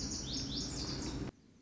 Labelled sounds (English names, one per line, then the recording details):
Lazuli Bunting
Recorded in Sonoma County, California